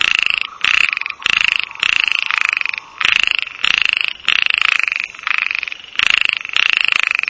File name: Microhyla heymonsi